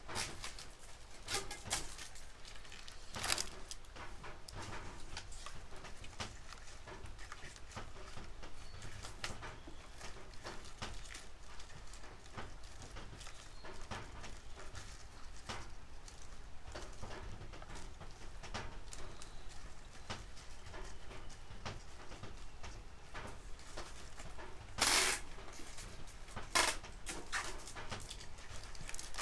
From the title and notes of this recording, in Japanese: 出荷日の昼下がり。収穫してきたネギの調整作業中(皮むき、葉落とし、軽量、束にする)。